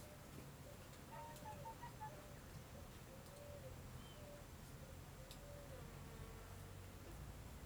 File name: Ambiencia quintal de dia com muitos estalos, passaros e mosca